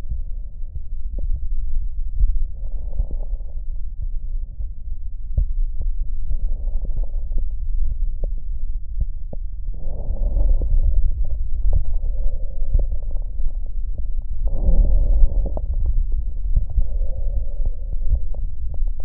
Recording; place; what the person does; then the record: lung sounds by stethoscope; right posterior basal chest; quiet breathing, then deep breathing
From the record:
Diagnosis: interstitial lung disease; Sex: male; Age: 75 years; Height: 167 cm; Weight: 68 kg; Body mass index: 24.4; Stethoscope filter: extended mode